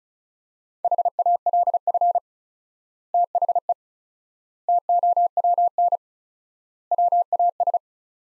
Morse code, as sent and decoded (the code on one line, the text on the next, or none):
.... .- .-.. ..-. / - .... . / - --- .-- -. / .-- .- ...
HALF THE TOWN WAS